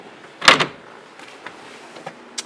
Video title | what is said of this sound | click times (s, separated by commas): 2019 Starcraft 191 MDX | a little less in there you just lift up on it it spins and then locks in place | 0.5 s